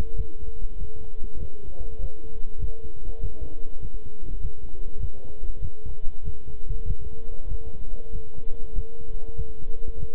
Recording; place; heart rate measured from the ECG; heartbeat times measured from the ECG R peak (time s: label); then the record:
heart sounds by stethoscope; between the tricuspid and mitral areas; 98 bpm
0.14 s: heartbeat
0.76 s: heartbeat
1.37 s: heartbeat
1.98 s: heartbeat
2.58 s: heartbeat
3.19 s: heartbeat
3.79 s: heartbeat
4.39 s: heartbeat
4.98 s: heartbeat
5.59 s: heartbeat
6.22 s: heartbeat
6.85 s: heartbeat
7.47 s: heartbeat
8.10 s: heartbeat
8.73 s: heartbeat
9.34 s: heartbeat
9.98 s: heartbeat
From the record:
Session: walking at 3.7 km/h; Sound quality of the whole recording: good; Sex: male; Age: 26 years